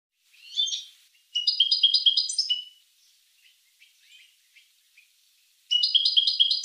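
Finch giving short bursts of high, rapid chattering trills, with faint scattered chirps between the bursts.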